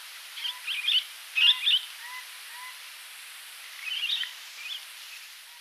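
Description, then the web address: Barred parakeet giving several short bursts of high, chattering twitters, with faint lower slurred notes between them. Ecuador. "Birds of Ecuador. Barred Parakeet"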